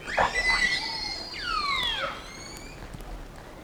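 Whale whistles and squeals, several overlapping harmonic sweeps rising and falling in the first two seconds, then fainter tonal lines trailing off.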